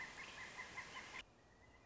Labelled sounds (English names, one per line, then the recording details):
Pileated Woodpecker
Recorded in Sonoma County, California